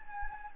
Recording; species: mosquito wingbeat signal from an infrared sensor; Anopheles gambiae